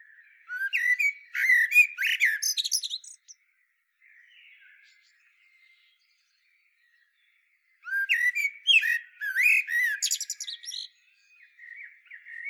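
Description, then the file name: Eurasian blackbird song in two bursts: rich whistled notes mixed with sharp, squeaky high twittering, separated by several seconds of near silence and a faint soft warble. "Turdus merula"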